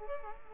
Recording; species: mosquito wingbeat signal from an infrared sensor; Culex quinquefasciatus